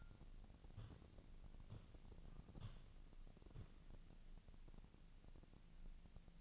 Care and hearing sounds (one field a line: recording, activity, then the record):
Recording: daily activity, microphone in the room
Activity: walk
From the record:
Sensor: 4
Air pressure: 1013.0 hPa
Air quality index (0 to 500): 173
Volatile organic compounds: 2 ppm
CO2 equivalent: 1094 ppm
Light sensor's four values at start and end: 62/153/65/69 and 63/155/66/70